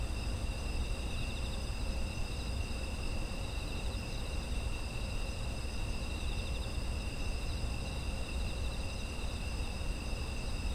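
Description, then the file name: Insect chorus of unbroken high trills, a few steady pitches stacked together and holding throughout, with deep low-frequency rumble underneath. Autumn insect ambient sound. "秋の虫の環境音"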